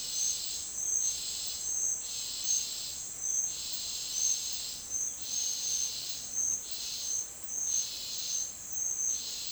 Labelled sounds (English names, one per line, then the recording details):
none
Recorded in secondary vegetation near Puerto Asís, Putumayo, Colombia, on 22 June 2025 at 10:30
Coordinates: 0.499, -76.323
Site G077